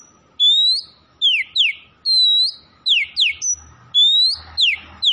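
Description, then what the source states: Oriental magpie-robin song, loud rising whistles alternating with quick descending slurred notes, repeated in similar phrases. Kacer from Tretes, singing vigorously (gacor).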